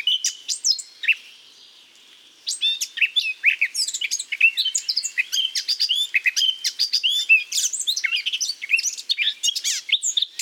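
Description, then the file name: Eurasian blackcap producing a lively, jumbled stream of high chirps, squeaks and clicks, after a brief opening phrase and a short pause. "Sylvia atricapilla"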